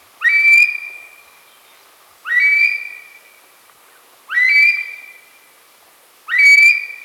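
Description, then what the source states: Himalayan monal giving strong, clear whistled calls that open with a quick upward sweep then hold steady, four calls spaced about two seconds apart, no other sounds. Female bird.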